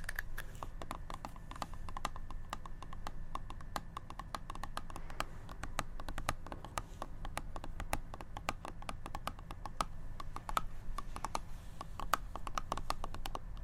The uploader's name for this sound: ASMR Tapping